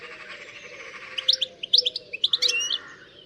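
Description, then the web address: Bird chirping, a quick series of bright, high, clipped notes in the middle over a steady softer rasping call. "Deverinetal. Bird Only"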